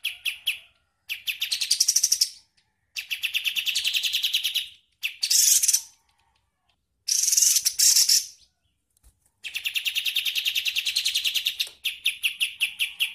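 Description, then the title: Bird song: bursts of fast, buzzy trilling alternating with short silences, some phrases harsher and noisier than others. "Masteran burung"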